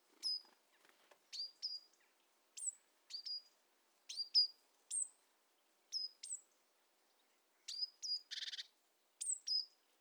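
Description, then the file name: Great tit calls: a steady series of sharp high downslurred chips, often paired, repeated roughly every second, with one short buzzy rattle near the end. "Parus major"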